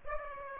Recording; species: mosquito wingbeat signal from an infrared sensor; Aedes aegypti